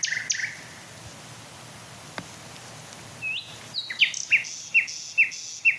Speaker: Oh, das schöne Schluchzen. Lauschen wir doch noch ein paar Minuten Herrn Nachtigall.